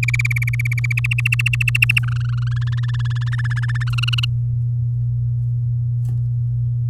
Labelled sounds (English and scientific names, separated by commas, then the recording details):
Domestic Canary (Serinus canaria) song
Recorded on 6 May 2018 at 05:36
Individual llb16